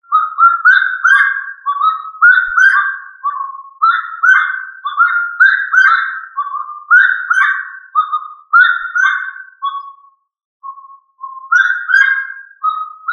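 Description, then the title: Rail calling, a rhythmic series of repeated whistled notes rising and falling, with a brief pause near the end before resuming. "LuckyFamilia RallidaeFrangoSama"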